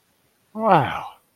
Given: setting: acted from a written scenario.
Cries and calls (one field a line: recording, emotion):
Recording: vocal sound without words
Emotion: interest